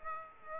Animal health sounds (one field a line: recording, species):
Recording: mosquito wingbeat signal from an infrared sensor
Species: Aedes aegypti